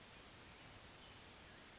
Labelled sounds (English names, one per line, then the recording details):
California Towhee
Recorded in Sonoma County, California